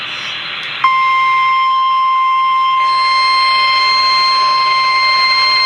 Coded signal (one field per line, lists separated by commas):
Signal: Emergency Alert System (SAME) tones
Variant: 1050 Hz attention tone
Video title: DAVIDSON ON FFE... EAS Alerts From 8/8/24 8/9/24 (EAS#1,833 - #1,839)